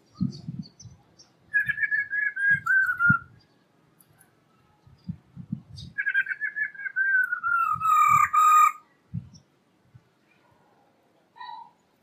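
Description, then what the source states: Laughingthrush song of two long whistles that slide gently downward, over low dull knocking and thumping sounds throughout. Female bird, singing.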